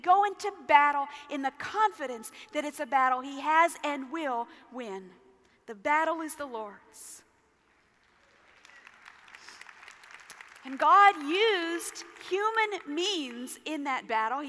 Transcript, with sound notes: We go into battle in the confidence that it’s a battle He has and will win. The battle is the Lord’s. (Applause) God used human means in that battle.